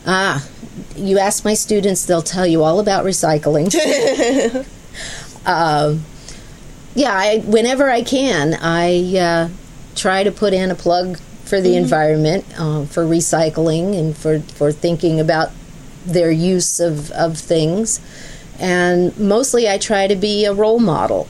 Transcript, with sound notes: Ah, you ask my students and they will tell you all about recycling. [laughs] Yeah, whenever I can, I try to put in a plug for the environment, for recycling and for thinking about their use of things, and mostly I try to be a role model.